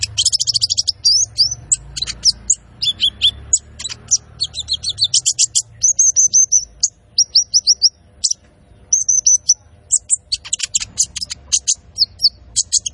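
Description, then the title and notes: Van Hasselt's sunbird delivers dense, very high trills and chirps, with repeated short whistled notes in steady series. Constantly singing (gacor) bird with full fill-ins (isian) and shots (tembakan), used to train cage birds and as a lure (pancingan). "MASTERAN KOLIBRI NINJA TERBAIK FULL ISIAN DAN TEMBAKAN MEWAH COCOK BUAT PANCINGAN. Suara Burung Kolibri Ninja Gacor"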